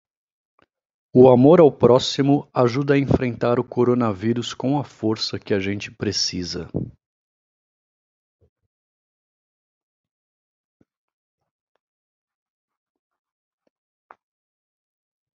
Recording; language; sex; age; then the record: spoken sentence; Brazilian Portuguese; male; 40 to 49 years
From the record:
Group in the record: control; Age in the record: 43 years